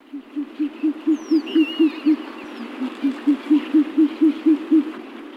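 Owl hooting in two even runs of many soft, low hoots, the notes swelling slightly in volume, with faint thin whistled bird notes above.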